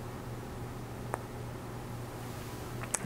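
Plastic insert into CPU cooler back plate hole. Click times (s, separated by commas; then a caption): 1.1 s, 3.0 s. Plastic inserts for a Corsair Hydro Series H50 CPU cooler back plate are lined up in the 1366-labelled holes at the corners and pushed in by hand. Sharp short clicks at 1.1 s and 3.0 s, with a fainter tick just before the second, rise over a steady low hum. The inserts lock fully into place.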